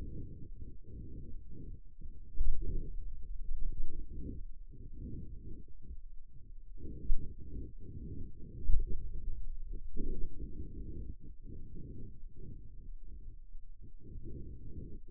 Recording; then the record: forearm muscle sounds (acoustic myography)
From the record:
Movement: pen grasping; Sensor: system 2, bracelet of six BSWA MPA416 microphones around the upper forearm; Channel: 6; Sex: male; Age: 22 years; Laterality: right